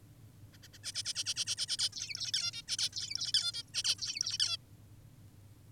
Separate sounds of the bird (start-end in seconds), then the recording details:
0.53-0.58, 0.63-0.68, 0.74-0.78, 0.84-0.92, 0.94-1.03, 1.05-1.14, 1.15-1.24, 1.26-1.34, 1.36-1.45, 1.47-1.56, 1.58-1.66, 1.68-1.77, 1.79-1.89, 1.93-2.32, 2.34-2.51, 2.53-2.62, 2.68-2.77, 2.78-2.90, 2.93-3.32, 3.34-3.52, 3.54-3.63, 3.74-3.83, 3.84-3.96, 3.99-4.38, 4.40-4.57. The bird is an adult. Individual g19o10U